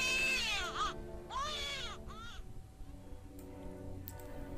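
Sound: newborn baby crying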